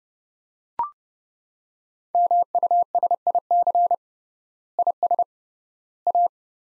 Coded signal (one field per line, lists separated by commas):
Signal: Morse code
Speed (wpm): 32 wpm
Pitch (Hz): 700 Hz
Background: none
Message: MUSIC IS A